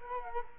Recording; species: mosquito wingbeat signal from an infrared sensor; Culex quinquefasciatus